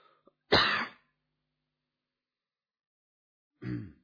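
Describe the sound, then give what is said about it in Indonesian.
Two loud, harsh coughs from a speaker during an Islamic lecture, each a short rough burst, separated by about three seconds of silence, with no talking. “Saya tadi sebelum datang ke sini enggak batuk.”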